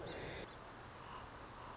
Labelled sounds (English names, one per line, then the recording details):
Song Sparrow
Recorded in Sonoma County, California